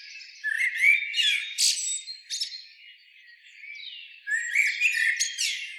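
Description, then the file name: Common blackbird with rasping chatter and sharp squawks, one burst early, a quieter gap around three seconds, then another scratchy outburst. "Turdus merula"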